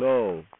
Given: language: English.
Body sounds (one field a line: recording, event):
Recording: throat vibration sensor signal played as sound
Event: speech